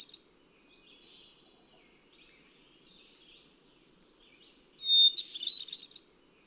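Hermit thrush song: the tail of one phrase, then after a long quiet spell a flute-like phrase that opens on a clear held whistle and breaks into higher tumbling notes.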